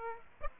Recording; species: mosquito wingbeat signal from an infrared sensor; Aedes aegypti